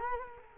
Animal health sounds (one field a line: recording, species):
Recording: mosquito wingbeat signal from an infrared sensor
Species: Culex quinquefasciatus